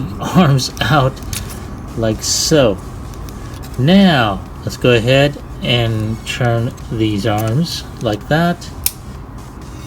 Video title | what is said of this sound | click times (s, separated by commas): Transformers Studio Series 86 Kup from Transformers: The Movie (I ❤️ Toys! - Episode 140) | there we go once you hear that snap there you go you're here | 8.9 s